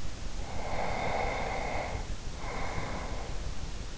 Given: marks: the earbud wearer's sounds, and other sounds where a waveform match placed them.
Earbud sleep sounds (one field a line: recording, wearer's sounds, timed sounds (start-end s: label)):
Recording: sounds in sleep by an in-ear microphone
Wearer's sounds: breath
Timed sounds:
0.49-3.66 s: breath